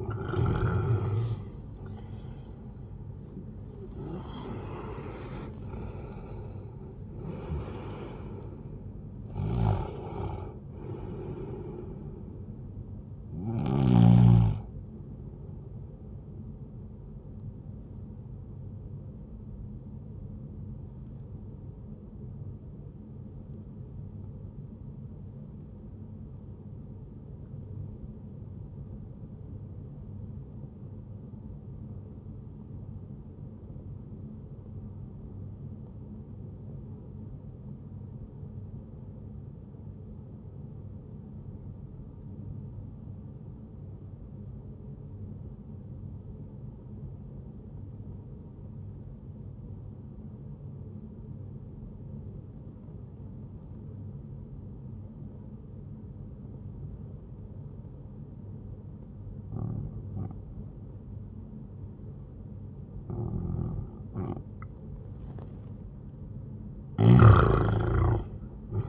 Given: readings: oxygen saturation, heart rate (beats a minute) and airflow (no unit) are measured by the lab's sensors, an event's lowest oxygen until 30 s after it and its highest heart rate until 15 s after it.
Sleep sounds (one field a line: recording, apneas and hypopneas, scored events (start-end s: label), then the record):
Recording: breathing in sleep by a smartphone at the bedside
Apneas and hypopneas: 1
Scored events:
9.00-39.00 s: new sleep stage, N1 (lightest sleep)
21.00-61.00 s: obstructive apnea (N1, oxygen 98% highest, then 90% lowest, heart rate 62 at the start, 77 highest)
39.00-68.89 s: new sleep stage, awake
41.00-68.89 s: awake
From the record:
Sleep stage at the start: N2 (light sleep)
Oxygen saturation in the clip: 92 to 98%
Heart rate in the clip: 60 to 80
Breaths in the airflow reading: 7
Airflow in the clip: -11.3 to 12.3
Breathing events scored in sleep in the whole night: 131 in 7.2 hours asleep